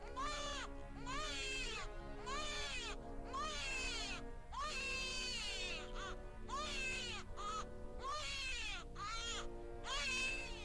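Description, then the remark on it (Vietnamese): A newborn baby cries loudly and without pause at night, each high, quavering wail rising and falling in pitch, the cries coming in a steady string of short bursts with brief catches of breath between. “Đứa bé cũng cất tiếng khóc vang vọng cả màn đêm yên tĩnh.”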